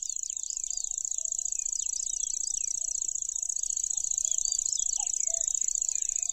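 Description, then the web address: Lanceolated warbler, a thin buzzing reel going on unbroken, while other birds twitter and whistle below it. "makinosennyu"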